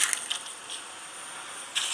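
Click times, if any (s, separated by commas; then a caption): none. A plastic quick-connect garden hose coupling is pushed onto the fitting of a water line with water already running. A few brief, sharp plastic ticks land in the first third of a second over a steady high hiss, and a louder burst of noisy rustling starts near 1.8 s. The coupling fails to click, and nothing has seated or clicked yet.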